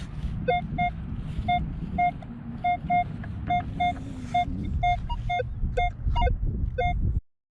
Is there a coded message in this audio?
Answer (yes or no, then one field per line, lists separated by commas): no